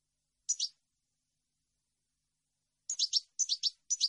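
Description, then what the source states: European goldfinch: one bright doubled chirp, a long pause, then several quick high chirps in a row. Clean goldfinch song meant for birds to copy, for song training.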